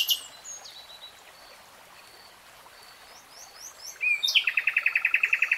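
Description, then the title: Nightingale song: a brief note, then quiet with faint twitters, then a sudden run of rapid, evenly repeated notes at the end. "[Tiếng chim hót] Nightingale Singing"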